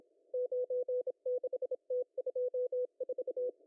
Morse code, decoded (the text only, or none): 96T24